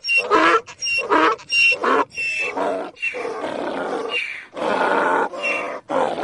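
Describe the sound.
Donkey braying, a harsh see-sawing hee-haw of loud alternating gasps, several strained pulses running together.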